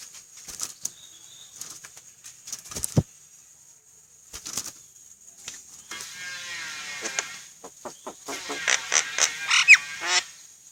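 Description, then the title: Javan myna song: scattered harsh clicks and squawks, then rapid grating chatter building into a quick series of loud rasping notes. Bird singing actively, described as gacor. "Jalak kebo Gacor"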